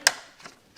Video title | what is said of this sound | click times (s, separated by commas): COPART BMW X5 REBUILD - Part 9: MEGA VIDEO - BUMPER REBUILD | snap he's already in | 0.1 s